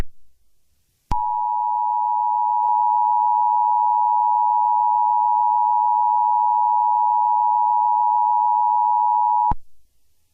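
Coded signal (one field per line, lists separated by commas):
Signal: Emergency Alert System (SAME) tones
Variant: 853 and 960 Hz attention tone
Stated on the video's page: Fictional EAS scenario set in Grand Theft Auto locations, made with Wondershare Filmora.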